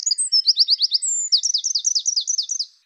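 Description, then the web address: Eurasian wren song: a loud, very high, fast run of sharp slurred notes and rattling trills. "Troglodytes troglodytes"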